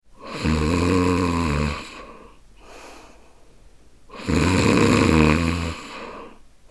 Snoring.